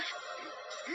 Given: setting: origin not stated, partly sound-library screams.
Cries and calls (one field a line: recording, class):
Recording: one-second piece from a danger detection set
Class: woman in danger